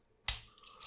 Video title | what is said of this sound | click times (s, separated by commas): Nemesis Reviews Transformers Power of the Primes Rodimus Prime | There's also a tab right here inside that goes into a little slot right there. Move until it clicks. | 0.3 s